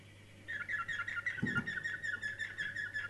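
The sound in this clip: Canary song beginning after a brief silence, a quiet, steady stream of warbled twittering notes with one low thud, over a faint continuous hum.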